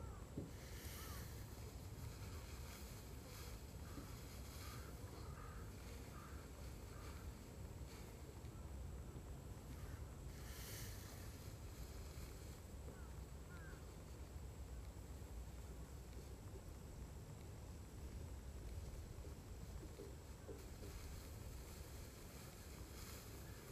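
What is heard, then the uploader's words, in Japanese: A binder cuts rice in the field, its engine giving a steady, dense low rumble that never lets up. Brief rustling, swishing bursts rise over it around the first second, near ten seconds, and again past twenty, with faint voices in the background. バインダーで稲刈り、ハザ掛け。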